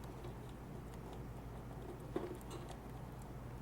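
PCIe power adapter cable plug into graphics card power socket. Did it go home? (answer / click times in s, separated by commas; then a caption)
yes / 2.2 s. A PCIe power adapter cable's plastic plug is pushed into the power socket of a graphics card during a Mac Pro 5,1 GPU upgrade. Over a steady low background hum, a single short, sharp click sounds at 2.2 s as the connector seats in place.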